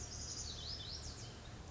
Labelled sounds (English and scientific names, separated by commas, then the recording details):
Lazuli Bunting (Passerina amoena)
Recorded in Sonoma County, California